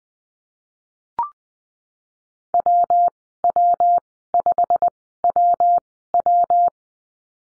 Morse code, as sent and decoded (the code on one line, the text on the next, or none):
.-- .-- ..... .-- .--
WW5WW